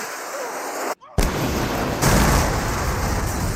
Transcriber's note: soundbite of explosion